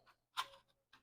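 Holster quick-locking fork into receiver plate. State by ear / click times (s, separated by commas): not seated / none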